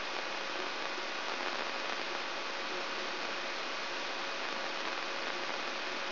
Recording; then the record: brain microelectrode recording played as sound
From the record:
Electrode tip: inside the subthalamic nucleus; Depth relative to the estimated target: -4 mm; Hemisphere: left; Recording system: AlphaMap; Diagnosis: Parkinson's disease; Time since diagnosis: 23 years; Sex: male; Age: 65 years